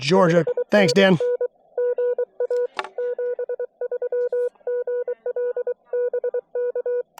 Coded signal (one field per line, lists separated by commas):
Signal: Morse code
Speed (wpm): 23 wpm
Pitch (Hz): 490 Hz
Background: speech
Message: 5NN GA 73GL BK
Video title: POTA from Balsam Lake Mountain